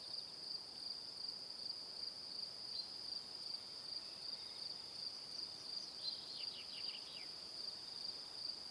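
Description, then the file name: Cricket chirping as a continuous high trill with regular pulses, joined later by a short burst of quick descending chirps. Evening. "Calm - Evening Crickets"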